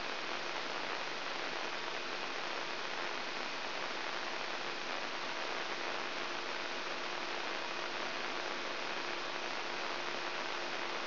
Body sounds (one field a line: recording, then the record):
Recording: brain microelectrode recording played as sound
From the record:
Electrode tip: inside the subthalamic nucleus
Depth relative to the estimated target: -2 mm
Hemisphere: left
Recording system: AlphaMap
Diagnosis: Parkinson's disease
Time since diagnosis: 19 years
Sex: female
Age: 64 years